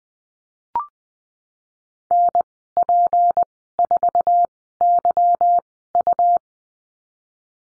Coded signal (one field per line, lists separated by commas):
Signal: Morse code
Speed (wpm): 20 wpm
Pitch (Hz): 700 Hz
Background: none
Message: NP4YU